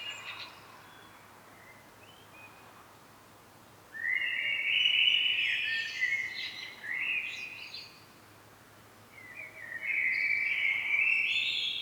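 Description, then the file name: Common blackbird delivering two lengthy warbled phrases separated by a short pause, each rich with chattering twitters; quiet low hum underneath. "Turdus merula"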